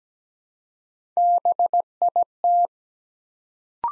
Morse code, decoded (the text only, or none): BIT